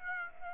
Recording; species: mosquito wingbeat signal from an infrared sensor; Aedes aegypti